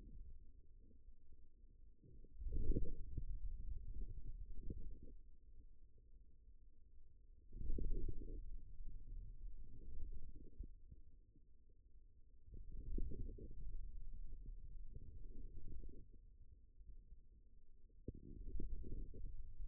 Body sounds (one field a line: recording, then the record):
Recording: forearm muscle sounds (acoustic myography)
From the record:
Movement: wrist extension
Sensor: system 2, bracelet of six BSWA MPA416 microphones around the upper forearm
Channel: 6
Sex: male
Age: 22 years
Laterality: right